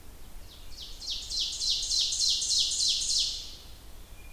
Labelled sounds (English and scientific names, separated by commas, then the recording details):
Ovenbird (Seiurus aurocapilla) song
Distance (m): 25 m
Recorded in boreal forest in Alberta, Canada, on 29 June 2016 at 07:46
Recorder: SongMeter 3, array SBT-6-79
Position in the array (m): 271 m, 48 m
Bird 39